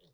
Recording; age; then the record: pig call; piglet (1 to 25 days)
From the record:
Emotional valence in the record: positive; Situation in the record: reunion after long isolation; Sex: male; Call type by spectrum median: low-frequency call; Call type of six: low-frequency stable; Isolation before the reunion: 8 minutes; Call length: 0.14 s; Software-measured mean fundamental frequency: 98 Hz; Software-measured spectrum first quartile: 296 Hz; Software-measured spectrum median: 1201 Hz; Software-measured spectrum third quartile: 4500 Hz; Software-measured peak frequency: 151 Hz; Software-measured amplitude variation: 53 dB a second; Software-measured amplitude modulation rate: 11.0 a second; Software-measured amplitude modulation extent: 4.8 dB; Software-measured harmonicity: 7.9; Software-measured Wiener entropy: -2.71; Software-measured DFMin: 1264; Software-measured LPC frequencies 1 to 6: 480, 1819, 3111, 3551, 4162, 5332 Hz